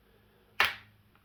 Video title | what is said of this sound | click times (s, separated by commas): Minimal connections for Asus H410m-A CSM motherboard | if you're lucky, you'll hear a double click when you press this down. | 0.6 s, 1.2 s